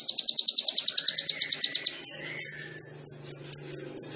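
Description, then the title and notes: Sunbird song: a quick run of high pulsed notes followed by two loud sweeps and a series of clipped chips. Masteran for cage songbirds, full song with fills (isian) and bursts (tembakan), described as gacor, used as a lure (pancingan). "MASTERAN KOLIBRI NINJA FULL ISIAN DAN TEMBAKAN PANCINGAN. Suara Burung Kolibri Ninja Gacor"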